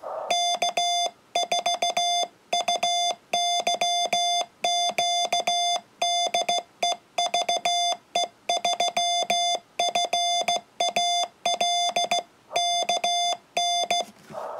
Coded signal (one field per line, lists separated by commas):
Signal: Morse code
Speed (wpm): 17 wpm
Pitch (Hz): 700 Hz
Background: none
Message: K4UYQ DE VE3FAL KN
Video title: YouKits HB1B 40m cw qrp qso March 2018